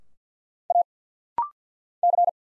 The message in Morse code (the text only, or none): A C